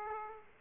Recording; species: mosquito wingbeat signal from an infrared sensor; Aedes aegypti